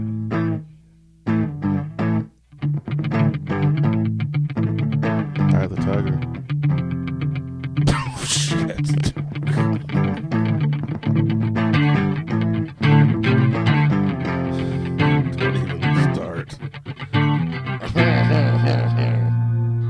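A rock song plays continuously and loudly, with driving electric guitar tones, a steady rhythm and thick layered harmonies, pausing briefly near the start before pressing on.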